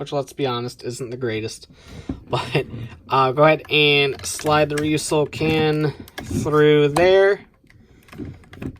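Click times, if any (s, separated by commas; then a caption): none. Someone talks while a plastic toy sword is slid through the left-side holster of a belt. A few faint, brief taps come near the end, around 8.5 to 8.8 seconds. The sword has not yet locked into the holster, and nothing has seated or clicked.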